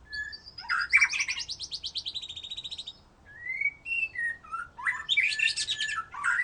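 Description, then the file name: White-rumped shama singing a rapid buzzy trill of repeated notes, then a few clear whistles and a burst of scratchy chatter, varied and loud. "murai batu"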